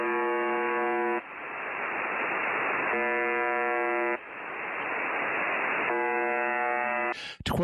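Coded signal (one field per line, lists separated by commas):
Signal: channel marker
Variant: UVB-76, The Buzzer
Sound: three harsh, low, rasping buzzes about a second long, separated by hissing static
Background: radio static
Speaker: Russian language station called the buzzer it's called that because most of the time it just transmits an annoying buzzing tone over and over again like this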